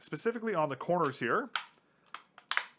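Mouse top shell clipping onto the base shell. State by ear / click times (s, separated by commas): seated / 2.2 s, 2.5 s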